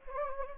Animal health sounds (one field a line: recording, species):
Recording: mosquito wingbeat signal from an infrared sensor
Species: Anopheles gambiae